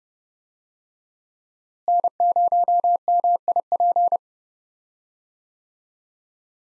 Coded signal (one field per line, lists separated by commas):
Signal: Morse code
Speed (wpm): 31 wpm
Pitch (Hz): 700 Hz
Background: none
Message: N0MIP